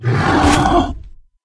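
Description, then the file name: Bear roar: a single harsh, noisy bellow of about a second, broad and rough, then fading into silence. "medved"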